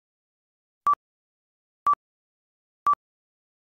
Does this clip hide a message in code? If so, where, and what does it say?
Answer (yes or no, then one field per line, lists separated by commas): no